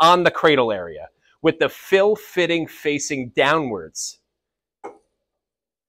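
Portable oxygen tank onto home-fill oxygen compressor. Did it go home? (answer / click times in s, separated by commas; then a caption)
no / none. A portable oxygen tank is laid horizontally on the cradle of a home-fill oxygen compressor with its fill fitting facing downwards, before being pushed down to lock. Someone talks for about four seconds, then a faint, brief handling noise comes at about 4.9 s. Nothing has clicked or locked into place yet.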